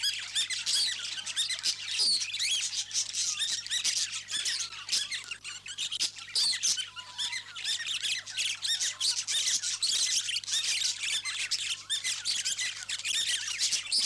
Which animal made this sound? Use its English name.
Budgerigar